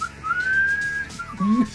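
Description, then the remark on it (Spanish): A person whistles a short tune: one long, steady, slightly rising note, then a few quicker shifting notes, ending with a brief low hummed tone. No one speaks. “Cantado. Cantado. Silbado.”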